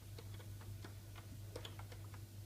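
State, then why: Not seated. A cable connector is being worked into a port at the far back of a PC, with soft, light clicks and taps over a low steady hum. Nothing has seated or clicked into place yet.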